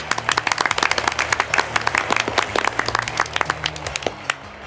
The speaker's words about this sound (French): Nous sommes dans la cour du château. Il y a beaucoup de monde. Les trois sorcières vont essayer leur gâteau magique. Écoutez, elles arrivent. On les applaudit.